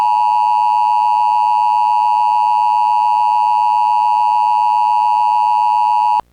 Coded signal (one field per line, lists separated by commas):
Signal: Emergency Alert System (SAME) tones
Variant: 853 and 960 Hz attention tone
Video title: Yahtzee Warning EAS (EAS PARODY)